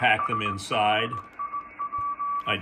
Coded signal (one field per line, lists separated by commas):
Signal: Morse code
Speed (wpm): 18 wpm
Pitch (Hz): 1160 Hz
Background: speech, radio noise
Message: SHIP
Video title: Yaesu FT-101EE Project Radio 6